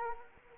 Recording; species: mosquito wingbeat signal from an infrared sensor; Anopheles arabiensis